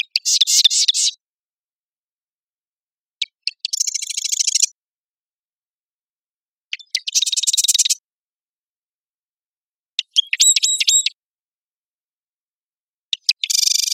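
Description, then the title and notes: Marsh wren song, five varied phrases of ticks leading into rattling trills, about every three seconds. Single male singing excitedly, sometimes turning away; Marymoor Park, Redmond, Washington, USA; song clanking, noisy and constantly varying. "Marsh Wren - Cistothorus palustris - song. recorded at Marymoor Park in Redmond, WA"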